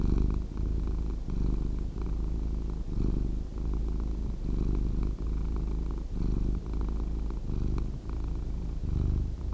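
Domestic cat purr, a continuous deep vibrating rumble that swells and dips with each breath, otherwise quiet.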